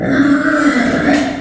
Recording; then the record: squeal of a Yucatan mini pig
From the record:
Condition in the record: after surgery on the right vocal fold (resection and tissue-engineered implant); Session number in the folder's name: 4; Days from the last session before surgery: 26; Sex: female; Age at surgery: 19 weeks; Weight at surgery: 25 kg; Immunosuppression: prednisolone